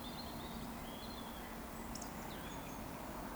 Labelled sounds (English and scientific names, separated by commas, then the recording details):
Eurasian Woodcock (Scolopax rusticola)
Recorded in Baden-Württemberg, Germany, on 16 June 2020 at 19:45 UTC
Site 14569, 102 m above sea level